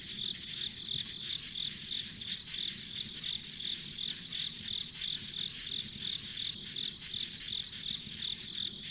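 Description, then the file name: Insects give a continuous run of high, pulsing chirps, around three per second, over soft background noise. Ambient insect sounds recorded on a country road. "田舎道の虫の環境音"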